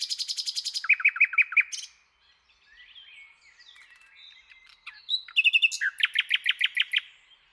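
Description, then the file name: Common nightingale song opening with fast repeated notes and a chuckling trill, then soft scratchy notes before a loud, rhythmic series of repeated notes. "Luscinia megarhynchos"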